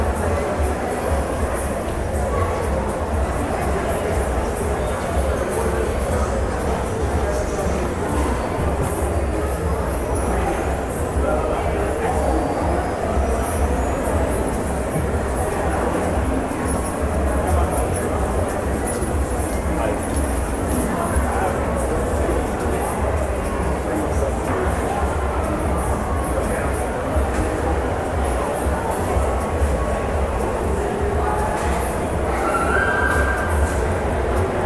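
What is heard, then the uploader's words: Shopping mall ambience: a steady, dense wash of crowd murmur and indistinct voices over a constant low rumble, like a large hall with machinery or passing transport. The level stays even throughout, with only small clinks and brief bright sounds surfacing now and then. SHOPPING MALL ASMR AMBIENT SOUND.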